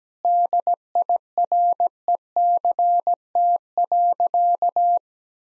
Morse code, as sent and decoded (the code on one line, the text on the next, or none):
-.. .. .-. . -.-. - .-.-.-
DIRECT.